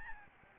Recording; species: mosquito wingbeat signal from an infrared sensor; Aedes albopictus